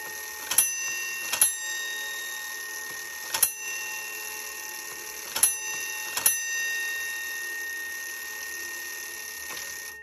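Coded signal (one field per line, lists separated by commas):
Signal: coded fire alarm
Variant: Gamewell gong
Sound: five metallic gong strikes in groups of two, one, two, each ringing on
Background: quiet room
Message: 2-1-2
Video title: 1890’s GEO. M. STEVENS Fire Station Gong Bell and Gamewell Fire Alarm.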